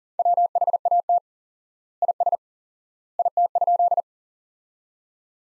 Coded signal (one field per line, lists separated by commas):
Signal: Morse code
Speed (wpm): 37 wpm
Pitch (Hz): 700 Hz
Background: none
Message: WHAT IS IT?